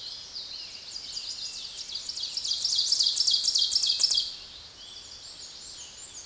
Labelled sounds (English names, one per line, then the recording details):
Ovenbird song
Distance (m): 5 m
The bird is about level with the microphone
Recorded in a Pennsylvania forest on 16 May 2024 at 06:15
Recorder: AudioMoth, point MSD-1534
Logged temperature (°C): 15.6 °C
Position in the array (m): 38 m, 24 m